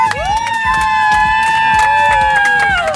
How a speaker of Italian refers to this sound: Che adesso si sono ricordate che esisti anche tu in questa festa e ti hanno fatto un applauso